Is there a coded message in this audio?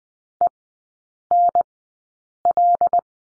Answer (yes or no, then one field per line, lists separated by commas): yes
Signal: Morse code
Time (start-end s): 0.4-3.0 s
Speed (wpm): 20 wpm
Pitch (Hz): 700 Hz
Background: none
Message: ENL